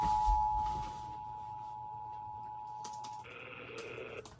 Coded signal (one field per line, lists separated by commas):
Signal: Emergency Alert System (SAME) tones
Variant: 853 and 960 Hz attention tone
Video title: EAS 3033-3035: KDKA EAS Test + Relays + Shenanigans